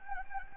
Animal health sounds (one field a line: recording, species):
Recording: mosquito wingbeat signal from an infrared sensor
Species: Anopheles gambiae